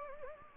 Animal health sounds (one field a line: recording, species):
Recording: mosquito wingbeat signal from an infrared sensor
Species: Anopheles gambiae